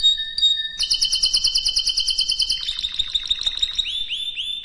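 Canary song: a steady whistled note, then a fast even trill of repeated notes, dissolving into quick chirps and rising slurred whistles.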